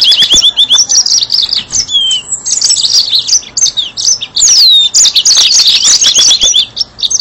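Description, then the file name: Yellow-fronted canary in nearly continuous song, a rich stream of high twitters, trills and slurred whistles with few pauses. "mozambik"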